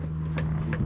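A canopy latch hook on a light aircraft is pushed fully back with its lever until the hook engages, with short clicks at 0.4 s and 0.7 s over a steady low hum. The latch hook clicks home and is seated.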